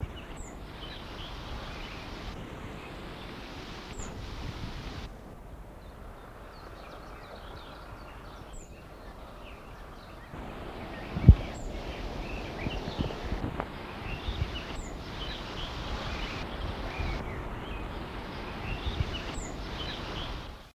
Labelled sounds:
Song Thrush call
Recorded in the wild
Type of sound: call
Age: adult
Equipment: Halbspur, 9,5 cm/s
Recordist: Lütgens, Hans
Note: Flügge, sitzend, lässt Aufzeichner ganz nah heran

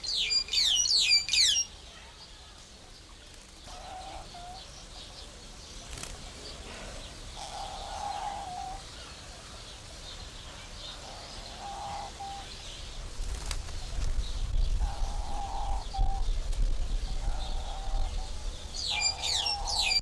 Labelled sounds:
White-headed Buffalo-Weaver
Diamond Dove
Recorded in captivity
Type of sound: song, call, call sequence, twittering
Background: Geopelia cuneata
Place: Zoo Berlin, Berlin, DE
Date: 1992-06-20 11:39
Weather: wolkig-heiter, 20-24°C
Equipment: Marantz CP 430, Sennheiser ME 80, Kopie Tesla B 116
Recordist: Tembrock, Günter
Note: Lautfolgen

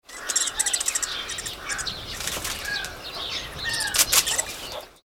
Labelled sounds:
Long-eared Owl
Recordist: Tembrock, Günter
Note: Triller

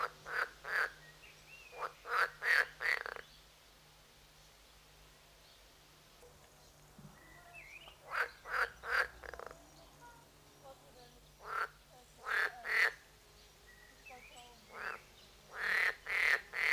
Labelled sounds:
Edible Frog
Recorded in the wild
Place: Lübars, Benekendorffstraße, Berlin, DE
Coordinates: 52.6167, 13.3469
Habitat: Gartenteich
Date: 2004-05-31 13:18
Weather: sonnig, 23°C
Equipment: Sony WM-D6C, Sennheiser ME 80, Kopie Uher 4000 Report Monitor
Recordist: Tembrock, Günter

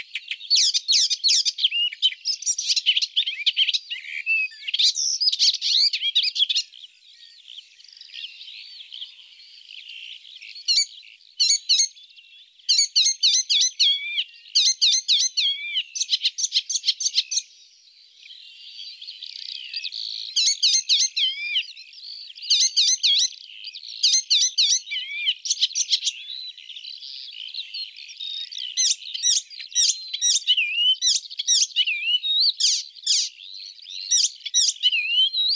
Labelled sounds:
Icterine Warbler song
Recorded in the wild
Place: Ahlenmoor, Schleswig-Holstein, DE
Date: 1984-06-05
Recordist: Schwarz, Dieter
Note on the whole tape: Song

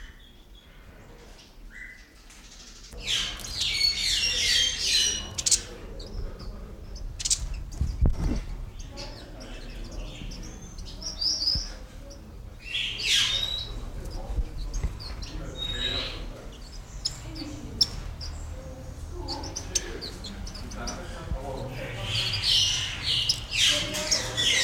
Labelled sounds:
Black-winged Starling
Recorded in captivity
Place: Zoo Berlin, Berlin, DE
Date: 1996-02-24 11:46
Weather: heiter, -6°C
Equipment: Sony WM-D6C, Sennheiser ME 80, Kopie Uher 4000 Report Monitor
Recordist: Tembrock, Günter

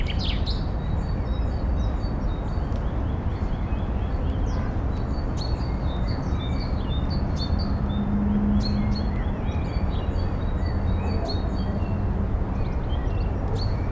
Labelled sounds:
Common Chaffinch
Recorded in the wild
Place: IT
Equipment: Uher 4000
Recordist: Tretzel, Erwin

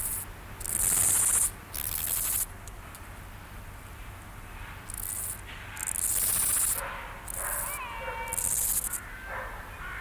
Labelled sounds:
Steppe Grasshopper stridulation
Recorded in the wild
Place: Eutin, Holsteinische Schweiz, Schleswig-Holstein, DE
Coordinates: 54.132, 10.614
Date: 1992-09-16 10:26
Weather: Schatten: 16,2°C
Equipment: Marantz CP 430, Sennheiser ME 80, Kopie Tesla B 116
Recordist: Tembrock, Günter

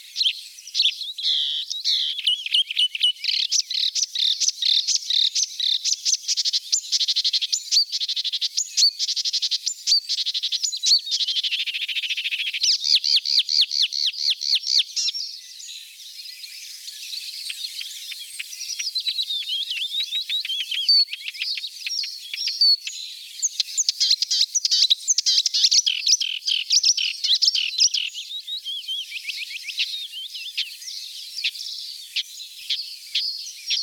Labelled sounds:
Marsh Warbler song
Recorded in the wild
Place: Flögelner See, Baden-Württemberg, DE
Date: 1981-05-31
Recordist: Schwarz, Dieter

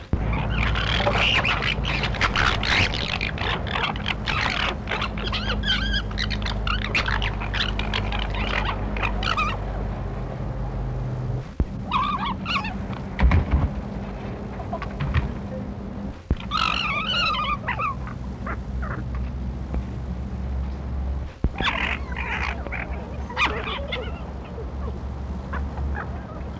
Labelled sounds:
Corsac Fox
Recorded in captivity
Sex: group
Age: subadult
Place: Tierpark Berlin, Berlin, DE
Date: 1963-09-16 19:00
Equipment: Minifon, Kopie BG 26/1
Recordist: Tembrock, Günter

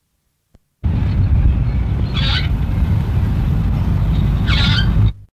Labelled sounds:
Greater Necklaced Laughingthrush call
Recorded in captivity
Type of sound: call
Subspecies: picticollis
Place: Zoo Berlin, Berlin, DE
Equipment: Halbspur, 9,5 cm/s
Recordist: Lütgens, Hans
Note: Rufe

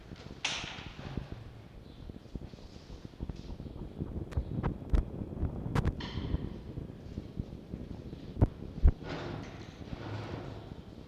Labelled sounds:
Red Fox
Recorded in captivity
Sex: male
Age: adult
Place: Zoologisches Institut der HUB, Berlin, DE
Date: 1952-02-03 12:00
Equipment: Elmetra
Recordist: Tembrock, Günter
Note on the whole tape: Jupp und Fritz auf 7 liegend: Lautgebung gegen die Hand des Beobachters. Jupp: nk; Fritz: Knätschen, einzelner heller Keckerlaut

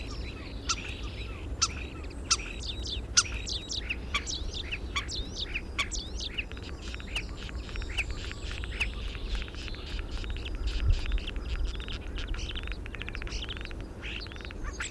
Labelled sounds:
European Starling
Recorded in the wild
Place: Staphel, Insel Rügen, Mecklenburg-Vorpommern, DE
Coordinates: 54.441, 13.335
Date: 1972-04-29
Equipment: Nagra III BH, Sennheiser MD 21, parabola
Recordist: Schubert, Michael
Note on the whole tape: Gesang Star u. a. mit Imitation v. Frosch u. Dohle

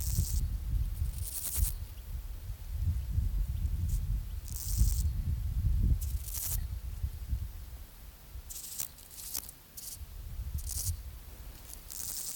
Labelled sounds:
Meadow Grasshopper stridulation
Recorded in the wild
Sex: male
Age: imago
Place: Treuchtlingen, Heumöderntal, Bayern, DE
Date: 1993-09-22 13:01
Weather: diesig bis heiter
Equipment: Marantz CP 430, Sennheiser MKH 416 T, Kopie Uher Variocord 263
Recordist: Tembrock, Günter

